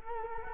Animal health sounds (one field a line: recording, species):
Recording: mosquito wingbeat signal from an infrared sensor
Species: Culex quinquefasciatus